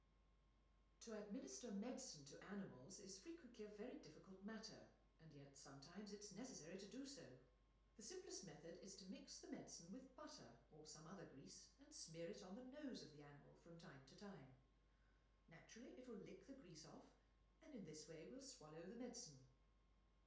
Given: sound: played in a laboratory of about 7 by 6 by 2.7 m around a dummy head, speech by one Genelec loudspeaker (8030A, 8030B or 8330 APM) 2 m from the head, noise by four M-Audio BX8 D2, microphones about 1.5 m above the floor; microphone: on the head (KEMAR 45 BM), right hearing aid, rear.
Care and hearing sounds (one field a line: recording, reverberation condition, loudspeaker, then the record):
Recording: female speech in English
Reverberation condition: medium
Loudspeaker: in front (0 degrees)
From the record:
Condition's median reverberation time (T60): about 510 ms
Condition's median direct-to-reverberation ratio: about -0.5 dB